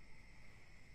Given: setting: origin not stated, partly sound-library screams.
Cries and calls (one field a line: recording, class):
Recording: one-second piece from a danger detection set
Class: normal situation